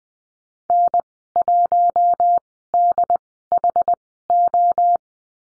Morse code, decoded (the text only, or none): N1DHO